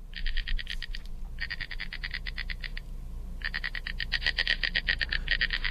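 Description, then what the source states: Snail Kite giving a dry, rapid cackling rattle in three bursts with short pauses between them, over low background rumble. Medium-sized raptor named for the mollusks it plucks in flight.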